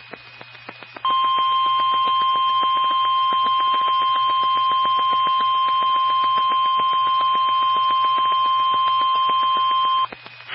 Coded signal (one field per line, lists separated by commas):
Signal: Emergency Alert System (SAME) tones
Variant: 1050 Hz attention tone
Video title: EAS 2175-2183 (3/2 & 3/3/23)